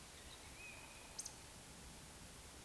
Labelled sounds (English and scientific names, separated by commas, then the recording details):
Eurasian Woodcock (Scolopax rusticola) whistle, Eurasian Woodcock (Scolopax rusticola) croak
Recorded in Baden-Württemberg, Germany, on 31 May 2021 at 19:41 UTC
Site 24606, 635 m above sea level